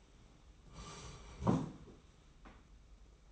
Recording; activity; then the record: daily activity, microphone in the room; sit down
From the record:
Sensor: 1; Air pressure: 991.7 hPa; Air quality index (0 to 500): 164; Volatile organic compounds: 1000 ppm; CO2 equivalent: 6157 ppm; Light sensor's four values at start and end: 30/101/39/40 and 31/103/40/41